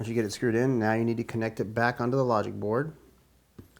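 A battery's flex cable connector is handled at its socket on the logic board of an iPad 2 (WiFi only) tablet during a battery replacement. Someone talks for most of the clip, then a couple of faint handling sounds come near 3.6 s and 3.8 s. Nothing has seated or clicked yet.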